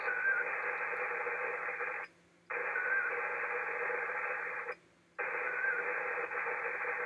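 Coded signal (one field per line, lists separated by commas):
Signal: HF data modem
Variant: ARDOP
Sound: harsh hissing data bursts about two seconds long, separated by short silent gaps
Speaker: well let's give it a shot we'll see if we can establish a connection I did it five minutes ago and it worked for this station you're w9f e so we'll try this and we'll see how it goes here we go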